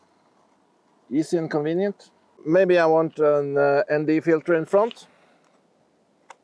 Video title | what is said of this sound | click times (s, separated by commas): Kase Education丨How to shoot Black Grouse Image | no problem snaps into place | 6.3 s